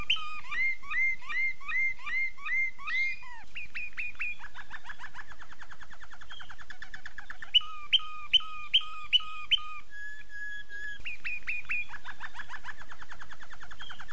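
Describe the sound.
Domestic canary song alternating whistled repeated notes, low rolling trills, a short run of sharp high notes and a steady flat tone.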